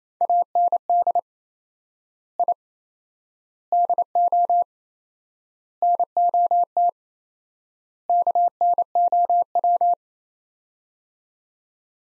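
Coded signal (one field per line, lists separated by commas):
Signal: Morse code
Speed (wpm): 28 wpm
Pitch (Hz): 700 Hz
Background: none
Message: AND I DO NOT KNOW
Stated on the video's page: Morse code practice of five-word sets at 28 wpm with 4x word spacing, a Farnsworth-like method using words, each set sent, spoken, then resent.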